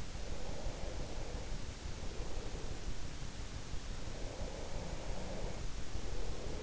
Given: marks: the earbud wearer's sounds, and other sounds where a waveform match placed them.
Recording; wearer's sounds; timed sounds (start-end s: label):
sounds in sleep by an in-ear microphone; breath
0.16-2.87 s: breath
4.10-6.63 s: breath